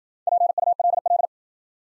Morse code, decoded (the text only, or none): PULL